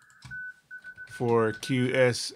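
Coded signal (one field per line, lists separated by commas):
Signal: Morse code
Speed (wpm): 17 wpm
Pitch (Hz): 1500 Hz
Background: speech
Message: THX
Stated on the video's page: Modulated CW generated in software by FLDigi on a DigiPi, used for live contacts.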